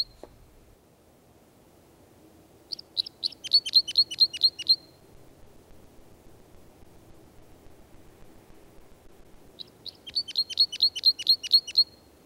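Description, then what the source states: Red Crossbill flight calls: two bursts of metallic, clear, high chips, each a rapid series of many notes, separated by several seconds of quiet background hiss. Metallic, clear 'plit plit' flight call heard in Pirkkola, Helsinki, at the end of February 2022.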